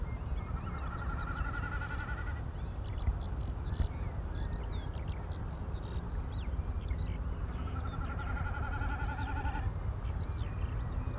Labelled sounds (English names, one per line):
Common Snipe bleating